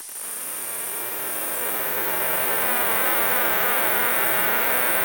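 Cicada (Cicadetta brevipennis): cicada singing a continuous dense buzzing hiss that swells slightly in loudness and stays unbroken throughout.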